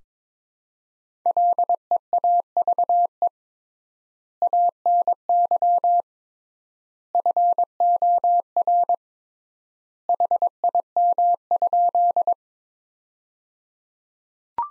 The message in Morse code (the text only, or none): LEAVE ANY FOR HIM?